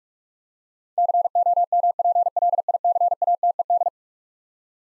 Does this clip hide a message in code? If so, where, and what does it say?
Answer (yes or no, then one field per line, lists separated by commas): yes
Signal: Morse code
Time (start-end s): 1.0-3.9 s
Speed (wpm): 46 wpm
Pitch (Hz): 700 Hz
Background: none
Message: COMPLICATED